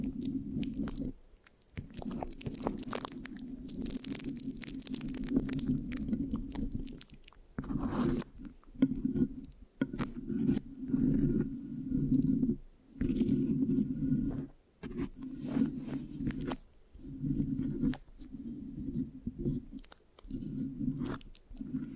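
Scratching and sticky rubbing on a microphone, with a thick, low, muffled rumble running through most of the clip. The texture comes in bursts with short silent breaks, and the first seven seconds also carry a brighter, crackly hiss.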